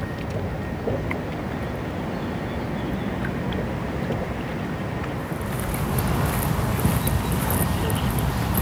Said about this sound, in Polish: No, więc właśnie to jest stopień na Dąbiu wodny i to jest takie miejsce, w którym praktycznie zatrzymuje się wszystko, co wpada do wody powyżej. To jest taki jednocześnie początek i koniec wielu historii krakowskich.